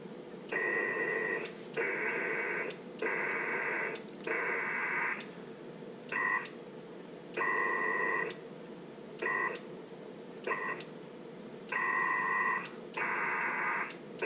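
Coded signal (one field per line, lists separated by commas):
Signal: HF data modem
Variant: PACTOR-III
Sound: rhythmic bursts of buzzy data hiss with brief pauses, alternating long and short bursts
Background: radio static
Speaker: see if we can't connect to that station down in North Carolina and we have our connection there's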